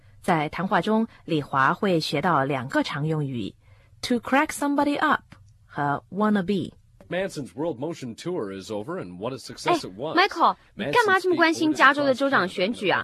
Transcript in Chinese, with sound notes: 在谈话中李华会学到两个常用语：to crack somebody up 和 wannabe。
(sound of TV news in the background) Michael, 你干吗这么关心加州的州长选举啊？